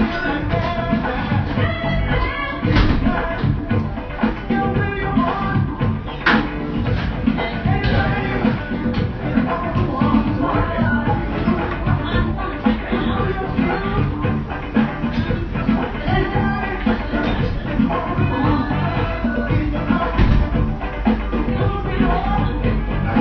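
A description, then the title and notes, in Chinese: A Melbourne café hums with a steady, dense murmur of overlapping voices that never drops away. Short clinks and clatters pop up every few seconds over a heavy low rumble, and the sound stays dull, with little bright top end. BBB这一家墨尔本咖啡馆。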